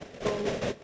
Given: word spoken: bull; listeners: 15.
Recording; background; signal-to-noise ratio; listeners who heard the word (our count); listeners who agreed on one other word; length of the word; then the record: one English word in noise, from a listening test; noise modulated by three-talker babble; -3.2 dB; 3 of 15; 6 of 15; 0.44 s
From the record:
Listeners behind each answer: 6, 3, 2, 1, 1, 1, 1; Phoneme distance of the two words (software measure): 27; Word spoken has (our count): 1 syllable, 3 phonemes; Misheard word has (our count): 1 syllable, 4 phonemes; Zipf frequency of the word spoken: 4.28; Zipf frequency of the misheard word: 5.10